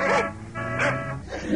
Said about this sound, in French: Et un chien.